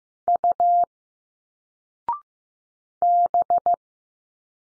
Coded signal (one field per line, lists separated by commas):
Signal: Morse code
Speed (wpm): 15 wpm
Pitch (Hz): 700 Hz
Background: none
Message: U B